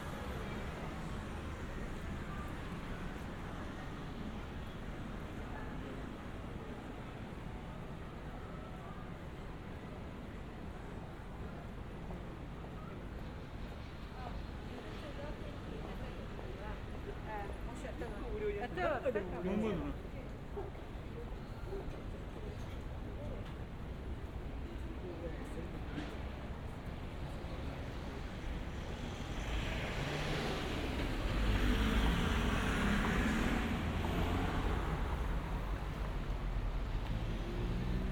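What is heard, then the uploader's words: A street walk in Shinbashi, Tokyo, with a steady low rumble of traffic and a busy mix of voices throughout. Around nineteen seconds a sliding, whining sound rises and falls, and near thirty seconds a louder vehicle passes, swelling the noise for several seconds. 3D AUDIO TOKYO WALKING - Shinbashi(新橋), Japan.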